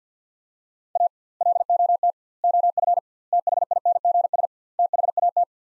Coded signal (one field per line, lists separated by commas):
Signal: Morse code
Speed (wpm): 50 wpm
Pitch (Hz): 700 Hz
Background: none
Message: A LOT OF THINGS THAT